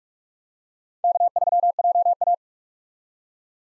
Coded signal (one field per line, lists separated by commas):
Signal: Morse code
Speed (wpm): 41 wpm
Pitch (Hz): 700 Hz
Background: none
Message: K3JA